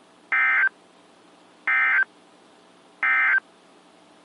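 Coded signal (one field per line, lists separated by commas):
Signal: Emergency Alert System (SAME) tones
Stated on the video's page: Alerts received from stations in Columbus, Butler and Bridgeport, Ohio, and Pittsburgh, Pennsylvania.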